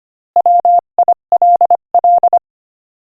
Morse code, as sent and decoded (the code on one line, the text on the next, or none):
.-- .. .-.. .-..
WILL